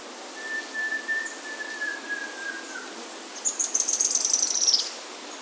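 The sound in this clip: Bird calls: a long, steady mid-pitched whistle falling slightly, then a separate rapid, very high trill of pulses lasting over a second.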